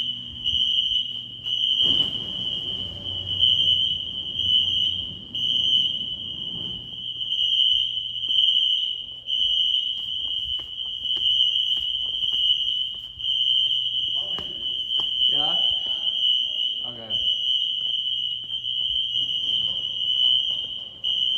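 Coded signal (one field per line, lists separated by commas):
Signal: alarm pattern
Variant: Wheelock NS horn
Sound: continuous harsh buzzing fire alarm horn, steady without breaks for the whole clip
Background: room noise, brief voices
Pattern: continuous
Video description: Early 2000s fire alarm system using white wheelock NS horn strobes.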